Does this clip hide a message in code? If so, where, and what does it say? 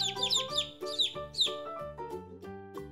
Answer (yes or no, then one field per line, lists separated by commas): no